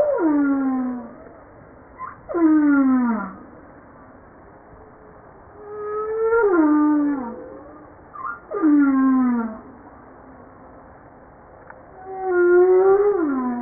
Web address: pub JASA 2013 Blue Bowhead Fin Humpback Southern Right Whale humpback-01 940305